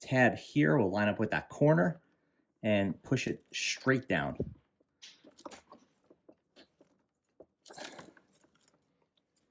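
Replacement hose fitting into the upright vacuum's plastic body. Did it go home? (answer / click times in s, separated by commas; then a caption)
yes / 8.0 s, 8.2 s. A replacement hose piece is fitted into the plastic body of a Dyson Ball Animal 3 upright vacuum, its small tab lined up with a corner of the housing and pushed straight down while someone talks. Soft handling and plastic rustling follow, then small clicks at 8.0 and 8.2 seconds as the piece pops in and seats.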